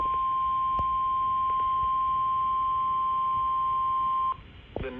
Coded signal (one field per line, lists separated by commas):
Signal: Emergency Alert System (SAME) tones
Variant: 1050 Hz attention tone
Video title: Flash flood warning (EAS #193) (Radios: midland WR400, ER310) 4-4-22 at 9:57PM